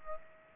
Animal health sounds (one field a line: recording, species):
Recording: mosquito wingbeat signal from an infrared sensor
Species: Aedes aegypti